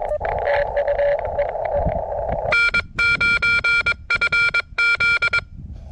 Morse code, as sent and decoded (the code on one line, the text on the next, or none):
-. ----. ..-. --..
N9FZ